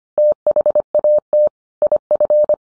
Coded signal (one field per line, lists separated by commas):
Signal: Morse code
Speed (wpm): 25 wpm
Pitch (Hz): 600 Hz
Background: none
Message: THAT IF